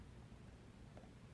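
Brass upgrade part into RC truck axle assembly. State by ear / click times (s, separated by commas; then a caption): not seated / none. A lubricated ST Racing Concepts brass upgrade part for a Traxxas TRX-4 RC crawler is handled as it is slid back into the truck's axle assembly and turned slightly. Quiet, low rustling handling noise fills the clip, with a brief faint tick at about 1.0 s. Nothing has seated or clicked into place yet.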